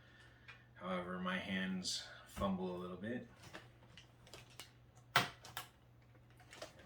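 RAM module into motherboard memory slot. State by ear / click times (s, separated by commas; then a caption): seated / 5.2 s. Someone talks while pressing a RAM module into a motherboard DIMM slot after a few fumbled tries, with light ticks and taps around it. A sharp click at 5.2 s marks the module seating as the retention tabs close, followed by softer taps.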